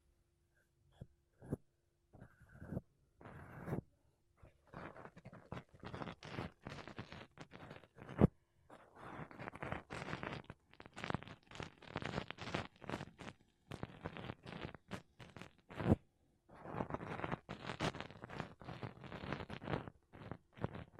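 Makeup brushes and a sponge brush across a mic in quick, irregular strokes, scratchy and bright, with short pauses and occasional sharp taps.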